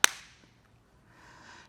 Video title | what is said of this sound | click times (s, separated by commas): Handihaler Tutorial | and then close the dust cover until it clicks shut | 0.0 s